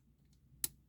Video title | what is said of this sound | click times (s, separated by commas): Reactivate Bumblebee and Starscream (#30) #transformers #transformerscollection #bumblebee | then we can take chest intakes flip them up they will in fact snap into place they will also secure the winglets in place | 0.6 s